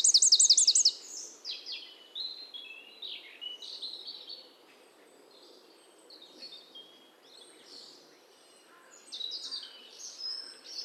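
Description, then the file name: Eurasian wren giving a fast, very high buzzy trill of rapid rising notes for about a second, then softer scattered high chirps and warbles. "Troglodytes troglodytes"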